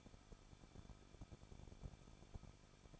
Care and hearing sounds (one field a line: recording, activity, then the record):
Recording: daily activity, microphone in the room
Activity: no activity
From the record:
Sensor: 5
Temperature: 20.9 degrees Celsius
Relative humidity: 38.2%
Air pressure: 1006.4 hPa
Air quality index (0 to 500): 187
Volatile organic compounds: 18 ppm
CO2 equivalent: 2624 ppm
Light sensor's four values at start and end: 2/3/1/1 and 2/3/1/1